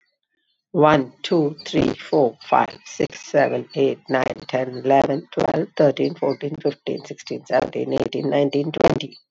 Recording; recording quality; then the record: counting at a fast pace; moderate, slight background noise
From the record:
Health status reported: COVID-19 positive, mild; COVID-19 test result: positive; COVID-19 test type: rapid antigen test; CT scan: not taken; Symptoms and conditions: cough, cold, sore throat, diabetes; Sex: female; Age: 60 years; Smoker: no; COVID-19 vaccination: both doses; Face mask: not worn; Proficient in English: yes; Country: India